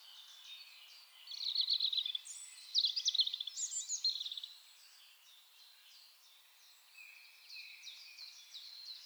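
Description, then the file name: European robin song: high, thin, jumbled phrases of tinkling and trilled notes, then softer high warbling fragments over faint background hiss. "Erithacus rubecula"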